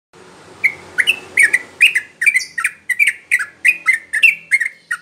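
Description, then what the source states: Yellow-vented Bulbul song: a fast run of short, bubbly, slurred notes, starting after a brief quiet stretch. Champion bird; masteran training recording for cage birds; rapid 'tembakan' song style.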